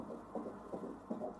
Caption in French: Première échographie officielle. Le gynéco leur fait entendre le cœur du bébé qui bat.